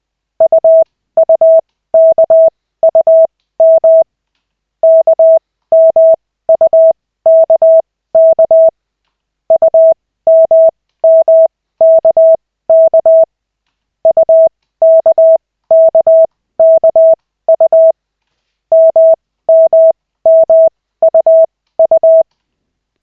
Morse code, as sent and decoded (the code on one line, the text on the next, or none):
..- ..- -.- ..- -- / -.- -- ..- -.- -.- / ..- -- -- -.- -.- / ..- -.- -.- -.- ..- / -- -- -- ..- ..-
UUKUM KMUKK UMMKK UKKKU MMMUU